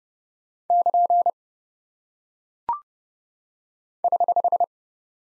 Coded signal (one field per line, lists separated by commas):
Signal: Morse code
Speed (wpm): 29 wpm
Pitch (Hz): 700 Hz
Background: none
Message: <KN> <HH>